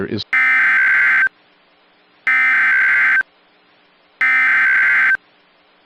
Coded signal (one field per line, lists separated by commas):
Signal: Emergency Alert System (SAME) tones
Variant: header bursts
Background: speech